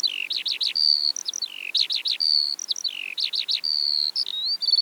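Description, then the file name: Eurasian skylark song, a continuous run of high chirps, quick rattled trills and thin sustained whistles, varied and hardly pausing. Eastern Europe. "Stimmen der Natur aus Osteuropa - Feldlerche"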